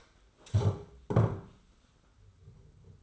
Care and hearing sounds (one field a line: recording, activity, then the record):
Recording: daily activity, microphone in the room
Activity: stand up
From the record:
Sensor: 3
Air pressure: 991.6 hPa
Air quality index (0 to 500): 170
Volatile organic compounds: 1000 ppm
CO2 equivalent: 5639 ppm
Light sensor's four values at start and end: 37/104/42/36 and 35/100/41/35